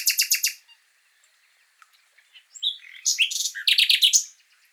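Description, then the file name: Common nightingale song: a short burst of repeated harsh notes, soft scattered ticks, then loud varied phrases of rapid repeated notes. "Luscinia megarhynchos"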